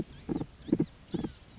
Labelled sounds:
Blue-gray Gnatcatcher

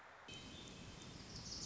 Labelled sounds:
Wilson's Warbler

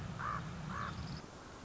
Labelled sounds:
Common Raven

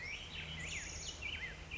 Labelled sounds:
Black-headed Grosbeak

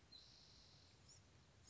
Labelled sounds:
Bewick's Wren

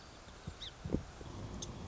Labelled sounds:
Song Sparrow

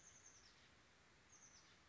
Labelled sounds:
Oak Titmouse

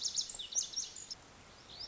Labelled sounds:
Lazuli Bunting

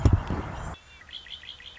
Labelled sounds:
Red-winged Blackbird

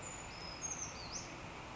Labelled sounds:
Western Flycatcher

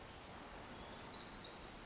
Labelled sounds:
Pacific Wren

